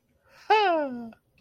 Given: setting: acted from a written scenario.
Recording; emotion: vocal sound without words; ecstasy